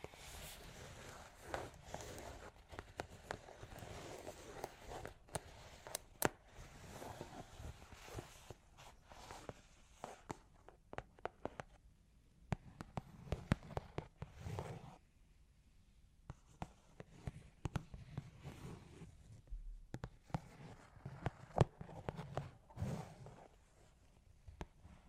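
Claws tap and scratch in quick, irregular bursts, sharp clicks scattered densely through most of the stretch. There are brief quiet gaps near 12 and 15–16 seconds, and a soft low rumble and rustle run underneath the clicking.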